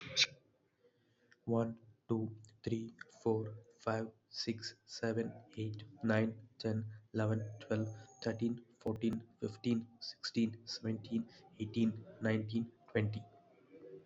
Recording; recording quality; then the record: counting at a normal pace; excellent, no background noise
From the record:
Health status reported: COVID-19 positive, mild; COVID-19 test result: positive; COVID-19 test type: RT-PCR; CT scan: not taken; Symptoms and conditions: cold, sore throat, fever, fatigue, muscle pain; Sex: male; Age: 26 years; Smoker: no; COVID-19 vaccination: both doses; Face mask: not worn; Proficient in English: yes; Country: India